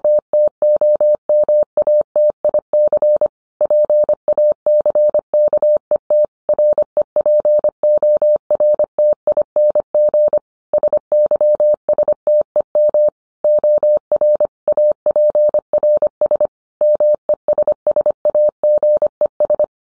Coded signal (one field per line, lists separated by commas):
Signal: Morse code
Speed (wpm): 25 wpm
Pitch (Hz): 600 Hz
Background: none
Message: TTOMATIC PACKET REPORTING SYSTEM OR APRS MESSAGES